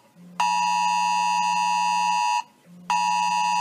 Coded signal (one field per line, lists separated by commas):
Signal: Emergency Alert System (SAME) tones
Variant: 853 and 960 Hz attention tone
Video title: EAS #1898 - Child Abduction Emergency Amber Alert for New Jersey on my iPhone and WJON IP 1-5-2023